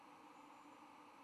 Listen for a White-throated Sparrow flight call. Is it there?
no